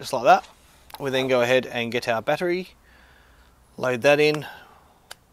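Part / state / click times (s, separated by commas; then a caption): battery into the compartment of a disguised camera / seated / 5.1 s. A battery is loaded into the compartment of a LawMate PV-RC10FHD TV remote spy camera while someone talks. A single sharp click at 5.1 s marks the battery snapping into place, and it is seated.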